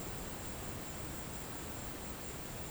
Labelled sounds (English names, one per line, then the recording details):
none
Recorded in pastures near Puerto Asís, Putumayo, Colombia, on 24 March 2025 at 16:00
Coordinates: 0.472, -76.329
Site G074